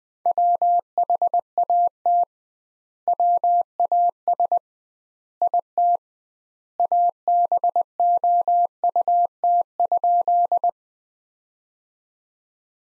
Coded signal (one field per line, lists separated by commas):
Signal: Morse code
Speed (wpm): 20 wpm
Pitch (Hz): 700 Hz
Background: none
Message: WHAT WAS IT ABOUT?